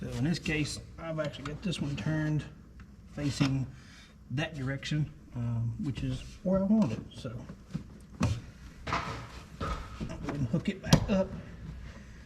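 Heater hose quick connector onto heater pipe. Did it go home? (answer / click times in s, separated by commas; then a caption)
yes / 8.2 s. A Chevy heater hose's quick-connect coupling is pushed back onto the heater coolant pipe while someone talks. A sharp, short click at 8.2 s shows the connector is fully seated on the pipe, followed by a longer rustling noise.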